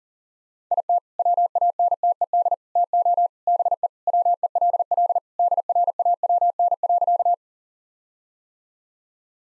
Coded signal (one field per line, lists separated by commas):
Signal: Morse code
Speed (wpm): 40 wpm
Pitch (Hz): 700 Hz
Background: none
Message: IT WANTED TO BE WELL DRAWN.